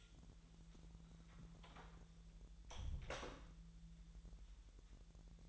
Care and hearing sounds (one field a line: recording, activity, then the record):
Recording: daily activity, microphone in the room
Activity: close door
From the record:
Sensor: 3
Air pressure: 1001.3 hPa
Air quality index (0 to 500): 250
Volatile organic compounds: 171 ppm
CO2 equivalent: 4110 ppm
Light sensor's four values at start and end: 13/30/13/12 and 13/30/13/12